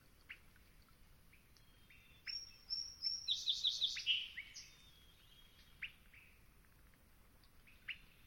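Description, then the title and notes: Song Sparrow singing a short phrase of clear high notes that runs into a rapid, buzzy trill. Soft chip notes sound before and after it. Early-rising male, first local voice of a crisp, clear dawn in the Okanogan mountains, 04:28, 2019. "Long Swamp, Dawn. The morning starts crisp, clear, and early, with the first local voice an early-rising Song Sparrow"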